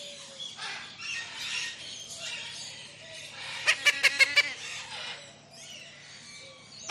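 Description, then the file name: Lilac-crowned amazon giving a quick run of five sharp clicking squawks amid continuous raspy chatter and soft calls from other birds. Single lilac-crowned amazon parrot squawking close up in a large tropical aviary, with other parrots and doves in the background. "zapsplat animals birds tropical large avery parrots doves in bg one lilac crowned amazon parrot close up squawks"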